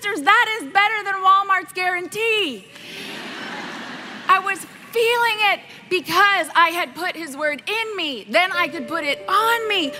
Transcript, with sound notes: That is better than Walmart's guarantee. (cheers) I was feeling it because I had put His Word in me, then I could put it on me.